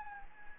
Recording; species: mosquito wingbeat signal from an infrared sensor; Anopheles gambiae